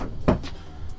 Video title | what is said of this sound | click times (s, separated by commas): AMAZING Fixed BED for TALL People - Ford Transit Conversion | and locks in place | 0.3 s